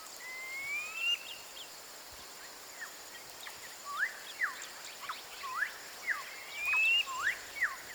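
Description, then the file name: Brown quail call: two drawn-out rising whistles, one at the start and one near the end, with short sliding chirps scattered between them, quiet overall. "Golosa ptic - Buryj perepel Synoicus ypsilophorus"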